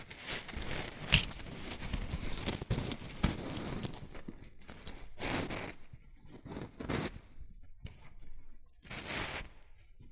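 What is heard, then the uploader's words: Rustling and crinkling sounds, dense and busy for the first four seconds with a sharp crackle near the one-second mark. After that the handling turns sparser, coming in short bursts of crinkle with brief quiet gaps, one strong burst around five seconds and another near nine. ASMR Rustling and Crinkle Sounds.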